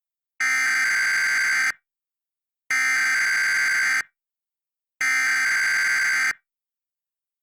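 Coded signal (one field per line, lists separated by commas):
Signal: Emergency Alert System (SAME) tones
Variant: header bursts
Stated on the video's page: Valid EAS tones in a fictional scenario about a fire in Asheville.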